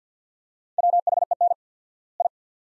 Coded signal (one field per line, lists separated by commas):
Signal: Morse code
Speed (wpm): 46 wpm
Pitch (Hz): 700 Hz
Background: none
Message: WHEN I